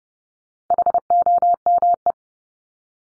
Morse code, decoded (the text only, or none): HOME